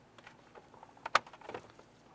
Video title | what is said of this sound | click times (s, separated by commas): How to Replace Seat Heater Switch 2005-2010 Chrysler 300 | these up, push them in. You'll hear them and feel them lock into place. | 1.2 s